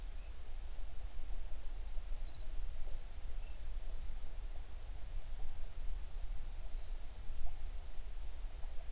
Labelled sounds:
songbird
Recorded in the Prudhoe Bay oil fields, Alaska, on 11 June 2019 at 05:44
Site 21

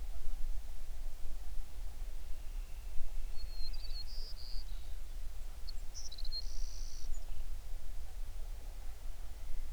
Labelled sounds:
songbird
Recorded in the Prudhoe Bay oil fields, Alaska, on 11 June 2019 at 05:28
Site 21

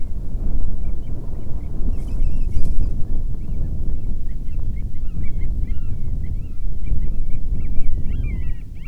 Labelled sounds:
bird
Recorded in the Arctic National Wildlife Refuge, Alaska, on 10 July 2019 at 18:43
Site 44

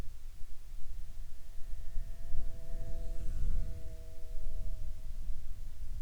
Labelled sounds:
wind
insects
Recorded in the Arctic National Wildlife Refuge, Alaska, on 10 July 2019 at 18:28
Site 44

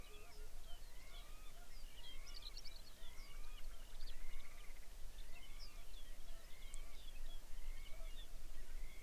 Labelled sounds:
songbird
waterfowl
grouse or ptarmigan
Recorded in the Arctic National Wildlife Refuge, Alaska, on 23 May 2019 at 05:58
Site 49

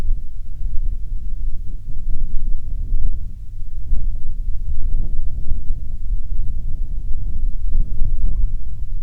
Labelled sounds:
wind
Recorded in the Prudhoe Bay oil fields, Alaska, on 27 June 2019 at 00:10
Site 22

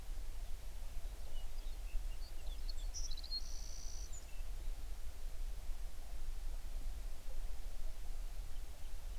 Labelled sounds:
songbird
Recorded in the Prudhoe Bay oil fields, Alaska, on 11 June 2019 at 05:38
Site 21

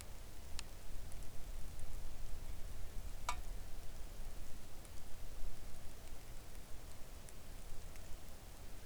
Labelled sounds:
rain
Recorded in the Arctic National Wildlife Refuge, Alaska, on 3 August 2019 at 05:43
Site 41

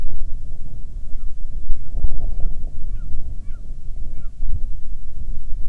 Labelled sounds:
bird
wind
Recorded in the Arctic National Wildlife Refuge, Alaska, on 9 July 2019 at 22:22
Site 48

